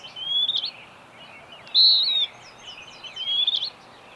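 Bird song of three short phrases: a rising whistle, a loud clear slurred note, then another rising whistle, with light hiss underneath.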